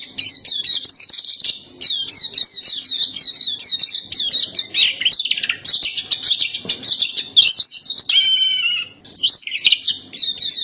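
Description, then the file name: Black-capped white-eye song: a rapid, continuous stream of high twittering notes and sweet warbled slurs, with a few longer descending whistles near the end. "suara pleci dahi topi hitam"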